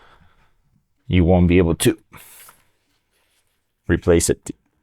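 A white plastic push-fit air line fitting is handled at the top of a rear air suspension bag on a Mercedes R-class (W251) during a rear air bag and shock replacement, since once it clicks in place it cannot be replaced. Someone talks over quiet handling sounds. Nothing has seated or clicked yet.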